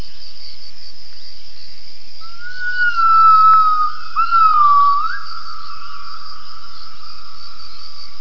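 Gibbon call: one long, mostly level whistled note lasting about three seconds, wavering slightly, over a steady high hiss.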